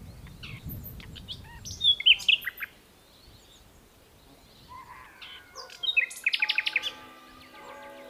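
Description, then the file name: Common nightingale song: a short burst of sharp chirps, a pause, then a rapid run of repeated notes. "Luscinia megarhynchos"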